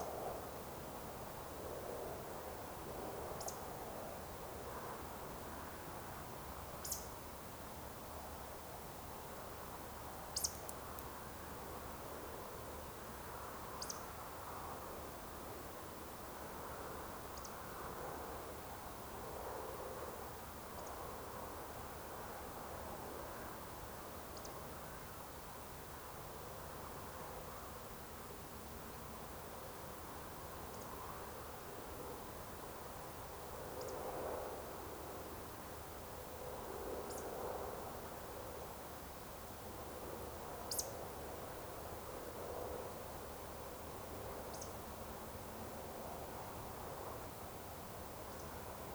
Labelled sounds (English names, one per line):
Eurasian Woodcock